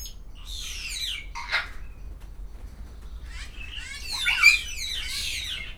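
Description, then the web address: Grey parrot squawks: a short chattering burst, a pause with a faint whistle, then a louder rush of raspy calls with a sharp whistled note. Captive birds at a zoo in Szeged, recorded 2011. "szegedizoo. jakopapagaj"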